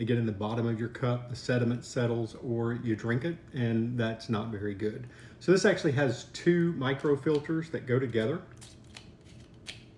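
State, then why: Not seated. Someone talks while handling the inner micro filter and the outer micro filter of a French press plunger, two micro filters that go together. Light handling sounds follow the speech near the end, including a brief tap at 9.0 s. Nothing has seated or clicked yet.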